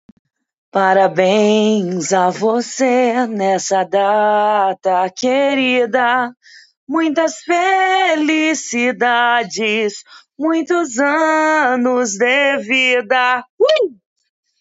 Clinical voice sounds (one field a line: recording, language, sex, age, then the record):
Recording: short text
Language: Brazilian Portuguese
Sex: female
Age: 30 to 39 years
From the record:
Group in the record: control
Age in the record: 34 years